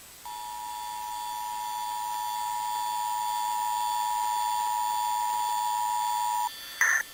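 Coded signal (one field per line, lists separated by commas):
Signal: Emergency Alert System (SAME) tones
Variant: 853 and 960 Hz attention tone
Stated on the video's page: Audio from a Pittsburgh EAS relay of a Child Abduction Emergency issued by the FBI for Texas.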